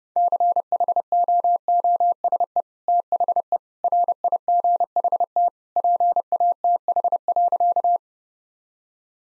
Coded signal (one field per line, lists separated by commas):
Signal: Morse code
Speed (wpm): 30 wpm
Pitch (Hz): 700 Hz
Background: none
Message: CHOOSE THE RIGHT PATH.